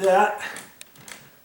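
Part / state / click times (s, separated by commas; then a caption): smoke alarm onto its ceiling mounting base / seated / 0.8 s, 1.0 s, 1.1 s. Someone talks as a smoke alarm gets a final twist onto its plastic ceiling mounting base. Short, sharp clicks follow at 0.8, 1.0 and 1.1 seconds as the alarm snaps home and is seated, and it is confirmed to be on.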